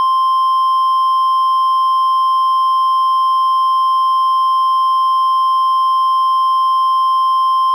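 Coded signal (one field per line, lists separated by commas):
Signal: Emergency Alert System (SAME) tones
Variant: 1050 Hz attention tone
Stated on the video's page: Fictional EAS scenario recreating the 1997 Jarrell, Texas tornado.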